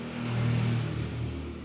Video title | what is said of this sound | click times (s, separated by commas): Best Car Pressure washer in just 4000 Rupees - Save more than 2 lakhs by using this - Vehicle360 | okay, இது lock ஆகிடுச்சா இல்லையானே தெரியலையே. | none